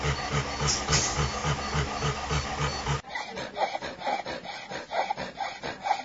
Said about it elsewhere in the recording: That's a breathing sound called stridor. It's a sort of a grating noise, a harsh noise that you can hear with changes in flows of air through the upper airway, larynx, trachea, bronchi. It was laryngeal paralysis. These muscles that normally work, the cricoarytenoideus muscles.